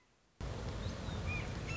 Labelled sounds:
Red-shouldered Hawk (Buteo lineatus)

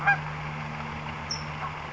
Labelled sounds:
California Towhee (Melozone crissalis)

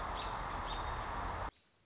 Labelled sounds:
American Robin (Turdus migratorius)

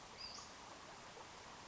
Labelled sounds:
Western Flycatcher (Empidonax difficilis)

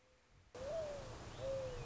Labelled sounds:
Mourning Dove (Zenaida macroura)

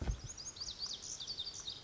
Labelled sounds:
Lazuli Bunting (Passerina amoena)

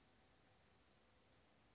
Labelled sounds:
Western Flycatcher (Empidonax difficilis)

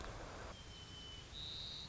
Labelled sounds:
White-crowned Sparrow (Zonotrichia leucophrys)

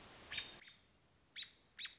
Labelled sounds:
American Robin (Turdus migratorius)

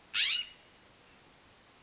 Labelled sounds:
California Scrub-Jay (Aphelocoma californica)

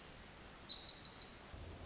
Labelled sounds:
Pacific Wren (Troglodytes pacificus)

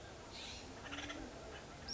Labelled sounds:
Acorn Woodpecker (Melanerpes formicivorus)

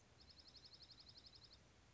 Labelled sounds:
Dark-eyed Junco (Junco hyemalis)

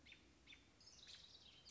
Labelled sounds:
American Robin (Turdus migratorius)

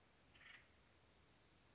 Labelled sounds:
Acorn Woodpecker (Melanerpes formicivorus)

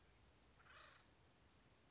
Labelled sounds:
Acorn Woodpecker (Melanerpes formicivorus)

